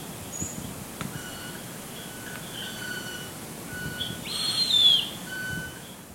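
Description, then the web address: Bicolored hawk uttering a single strained, high scratchy call near the end, preceded by soft background bird notes and low ambient hiss. Recorded in Ecuador. "Natures Songs S America Birds of Ecuador. Bicolored Hawk"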